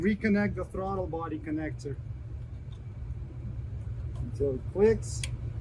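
A wiring harness connector is being reconnected to the throttle body of a 2010–2015 Lexus RX350 during spark plug replacement. Someone talks over a steady low hum, with one short hit near the end. Nothing has seated or clicked yet.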